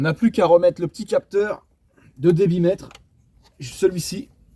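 A man talks while handling the electrical connector for the mass airflow sensor on the air intake of a Renault Master 3 van, about to push it back onto the sensor. Nothing has seated or clicked yet.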